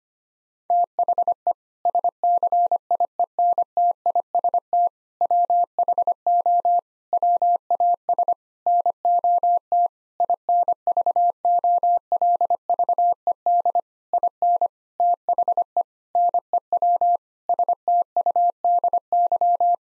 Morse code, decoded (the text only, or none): THE SCIENTIST WHO WAS NOT INVOLVED IN THE NEW STUDY